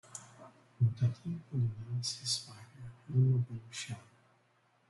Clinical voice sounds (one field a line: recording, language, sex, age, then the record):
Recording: short text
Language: Brazilian Portuguese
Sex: male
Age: 30 to 39 years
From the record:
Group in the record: control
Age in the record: 38 years